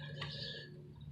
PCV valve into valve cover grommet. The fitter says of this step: I don't think it's all the way in there.